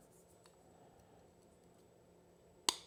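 Small spring-loaded lock pieces are pushed down into the plastic lock housing of a Suzuki genuine accessory saddlebag lock for a Suzuki GSX1000GT+. After a quiet, low hum, a sharp, short click sounds at 2.7 s, and a faint tick comes earlier at about 0.5 s. The lock pieces click into the housing and are seated.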